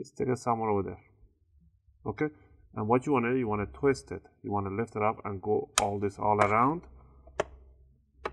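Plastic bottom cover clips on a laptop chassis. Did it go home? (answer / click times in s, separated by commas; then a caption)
released / 7.4 s, 8.3 s. Someone talks while a guitar pick is twisted between the plastic top and bottom covers of a Lenovo IdeaPad Slim 1 81VS laptop to pry them apart. Sharp clicks come at 7.4 s and 8.3 s as the plastic bottom cover clips on the chassis unlock and release.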